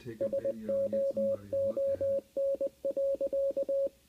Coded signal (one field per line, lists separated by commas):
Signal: Morse code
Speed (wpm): 20 wpm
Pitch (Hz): 550 Hz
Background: music, radio noise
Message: SOON.